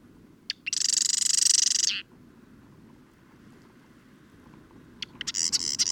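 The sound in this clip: Bird singing one long, dense, high-pitched buzzy trill after a couple of sharp lead-in notes. A second trill begins about three seconds later.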